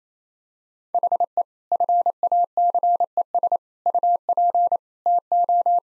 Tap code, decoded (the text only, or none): none